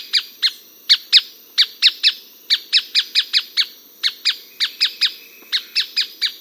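Striated softtail giving sharp, dry chip notes repeated rapidly and somewhat irregularly, over a faint steady background hiss.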